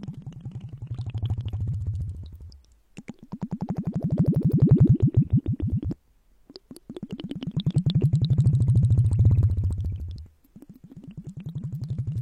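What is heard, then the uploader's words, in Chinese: A syringe draws up water in four strokes, each roughly three seconds long with short pauses between. Every stroke is a rapid, regular train of gurgling, squelching pulses, mostly low and throaty, swelling louder mid-stroke and then easing off. 注射器吸水的声音。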